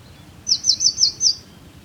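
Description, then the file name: Eurasian blue tit sounding one quick series of five sharp, high, downslurred notes. "Cyanistes caeruleus"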